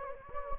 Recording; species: mosquito wingbeat signal from an infrared sensor; Anopheles gambiae